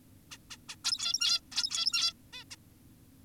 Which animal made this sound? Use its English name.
Zebra Finch